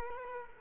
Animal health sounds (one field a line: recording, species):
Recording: mosquito wingbeat signal from an infrared sensor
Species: Culex quinquefasciatus